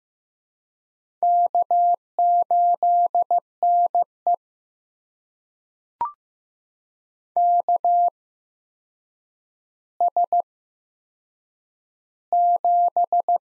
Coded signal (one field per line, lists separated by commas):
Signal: Morse code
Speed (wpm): 15 wpm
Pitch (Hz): 700 Hz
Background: none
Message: K8NE KS7